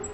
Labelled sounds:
Black-throated Green Warbler (Setophaga virens) flight call

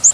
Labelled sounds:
Chestnut-sided Warbler (Setophaga pensylvanica) flight call

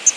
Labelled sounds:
Palm Warbler (Setophaga palmarum) flight call

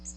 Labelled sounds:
Magnolia Warbler (Setophaga magnolia) flight call

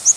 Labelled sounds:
Yellow-rumped Warbler (Setophaga coronata) flight call

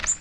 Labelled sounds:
Magnolia Warbler (Setophaga magnolia) flight call

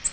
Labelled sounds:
Nashville Warbler (Leiothlypis ruficapilla) flight call

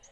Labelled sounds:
Lucy's Warbler (Leiothlypis luciae) flight call

